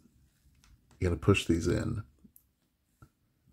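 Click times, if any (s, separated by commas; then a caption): 2.4 s. Someone talks while pieces of a Rolife Falling Sakura Book Nook model kit are pushed into their slots in the frame with steady pressure and evened out. A small click is heard at 2.4 s as the press-fit parts seat into place.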